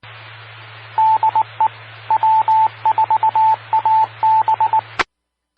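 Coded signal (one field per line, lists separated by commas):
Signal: Morse code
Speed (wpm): 19 wpm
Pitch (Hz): 880 Hz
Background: radio noise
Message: DE W4AB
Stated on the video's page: Fort Lauderdale area amateur repeaters during Hurricane Irma.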